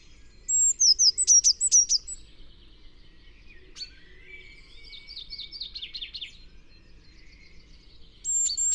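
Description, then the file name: Eurasian blue tit with a burst of sharp high notes, a softer rapid trill midway, and another high note at the end. "Cyanistes caeruleus"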